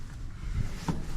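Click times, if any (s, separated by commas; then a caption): none. A repaired door, whose stripped hinge screws were replaced with bigger bolts and whose loose screws that made it tilt were retightened, is being handled and swung toward its frame so the latch can catch in the strike plate. A low rumbling background is heard, with brief bumps near 0.9 s and at 1.2 s. Nothing has seated or clicked yet.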